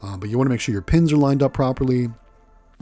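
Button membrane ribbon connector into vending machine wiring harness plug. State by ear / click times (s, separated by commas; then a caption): not seated / none. Someone talks while lining up the pins of a new keypad button membrane's ribbon tail to push it into the wiring harness plug of a Dixie Narco vending machine; the new membrane is stiff and a tight fit. Two brief, faint ticks are heard at about 2.8 and 2.9 seconds after the talking stops. Nothing has seated or clicked yet.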